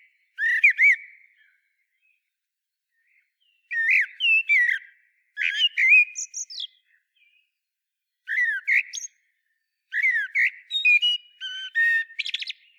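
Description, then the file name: Common blackbird song: several short phrases of slurred, squeaky whistled notes separated by short pauses. "Turdus merula"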